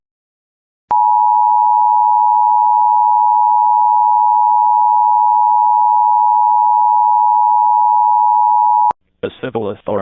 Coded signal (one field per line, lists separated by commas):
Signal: Emergency Alert System (SAME) tones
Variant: 853 and 960 Hz attention tone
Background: speech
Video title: EAS Mahoning county, OH gets double rare alerts (EVI And LAE)